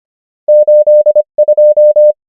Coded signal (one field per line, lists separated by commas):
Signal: Morse code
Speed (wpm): 25 wpm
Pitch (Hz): 600 Hz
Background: none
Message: 8 2